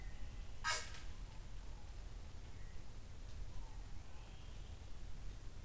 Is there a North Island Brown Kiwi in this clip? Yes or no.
no